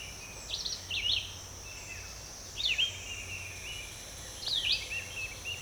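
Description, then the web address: Red-eyed vireo song: brief slurred, up-and-down whistled phrases repeated every second or two, set against constant hiss. "birds vireos"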